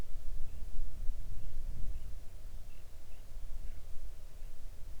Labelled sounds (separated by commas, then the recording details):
songbird
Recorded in the Arctic National Wildlife Refuge, Alaska, on 3 August 2019 at 05:23
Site 41